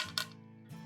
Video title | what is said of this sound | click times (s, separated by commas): KNITTING NEEDLE SET REVIEW - Addi Click Interchangeable Circulars | tightly, twist it. There we go. It's clicked in. It's nice and tight. | 0.2 s